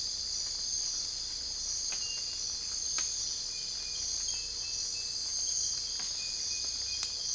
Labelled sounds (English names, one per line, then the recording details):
none
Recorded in secondary vegetation near Puerto Asís, Putumayo, Colombia, on 22 December 2024 at 05:00
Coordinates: 0.484, -76.319
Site GP06